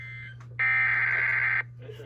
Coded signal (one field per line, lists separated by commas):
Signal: Emergency Alert System (SAME) tones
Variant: header bursts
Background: speech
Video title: EAS 902: PBZ FLW